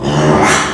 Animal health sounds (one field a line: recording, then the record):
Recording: squeal of a Yucatan mini pig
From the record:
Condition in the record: after surgery on the right vocal fold (resection and tissue-engineered implant)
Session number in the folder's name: 3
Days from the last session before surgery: 33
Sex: male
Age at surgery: 12 weeks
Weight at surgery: 13 kg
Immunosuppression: cyclosporine, prednisolone